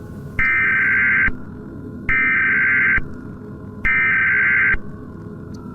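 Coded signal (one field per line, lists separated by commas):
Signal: Emergency Alert System (SAME) tones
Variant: header bursts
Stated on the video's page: Fictional WW3 nuclear EAS scenario, reupload of another creator's work.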